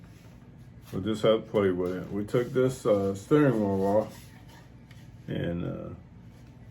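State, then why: Not seated. Someone talks while handling a plastic steering wheel that has been taken off a snap-together Camaro model car, about to be pressed into the car's interior. A faint brief tick comes at about 4.9 s between the speech, but nothing has seated or clicked yet.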